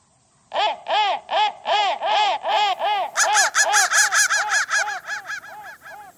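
Crow cawing: a steady run of harsh, harmonic caws, roughly two to three per second, with no other sounds.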